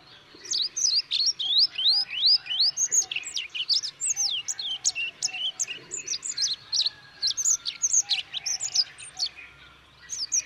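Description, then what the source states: Olive-backed pipit: thin, high, rapid notes, many sharply rising or falling, pouring out almost continuously. Recorded at Yushan, Taiwan.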